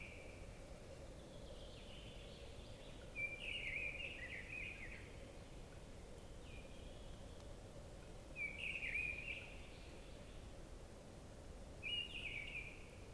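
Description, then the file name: Common chaffinch singing a short, fast trilled phrase about every five seconds. Each phrase is fairly faint against steady low background noise. "Fringilla coelebs"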